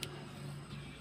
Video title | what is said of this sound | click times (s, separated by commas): THE RIGHT WAY TO ASSEMBLE VARIO 150 NEW FOR BEGINNERS MECHANICS | Nah, itu dia. Terkunci, pinnya udah terkunci ya guys. | 0.0 s